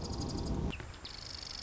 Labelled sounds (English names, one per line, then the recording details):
Marsh Wren
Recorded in Sonoma County, California